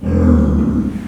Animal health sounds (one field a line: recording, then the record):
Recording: squeal of a Yucatan mini pig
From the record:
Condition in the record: after surgery on the right vocal fold (resection and tissue-engineered implant)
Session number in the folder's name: 16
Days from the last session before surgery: 183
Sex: female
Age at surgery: 19 weeks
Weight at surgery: 25 kg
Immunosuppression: prednisolone